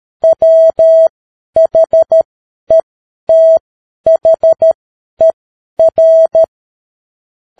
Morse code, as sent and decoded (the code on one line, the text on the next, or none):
.-- .... . - .... . .-.
WHETHER